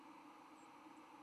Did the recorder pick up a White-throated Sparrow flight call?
no